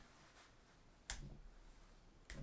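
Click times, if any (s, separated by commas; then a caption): 1.1 s. One handle side of a metal Leatherman Skeletool Topo folding multi-tool is flipped up until it snaps into its open position, with a sharp snap at 1.1 s. A second, similar sharp snap follows at about 2.3 s as the action is repeated. The handle is seated in its open position.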